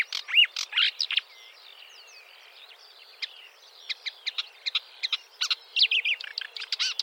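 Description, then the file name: Marsh warbler song: loud varied phrases and slurred whistles, a quieter tangle of twittering notes, then a fresh burst of sharp chattering and trilled calls. "suara kicauan burung marsh warbler. omkicau"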